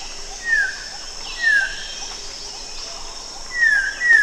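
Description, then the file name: Cempala kuning giving a few spaced single downslurred whistles at uneven intervals, against continuous faint hiss. "cempalakuning omkicau"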